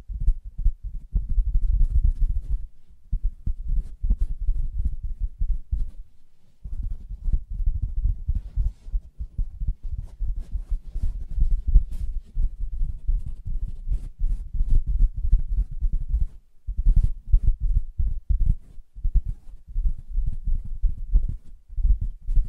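Soft tapping and scratching on a fabric surface, mostly low and muffled, with dense irregular rustles and occasional brighter scrapes. The activity runs steadily with brief pauses near 3, 6 and 16 seconds, then resumes in quick, uneven bursts.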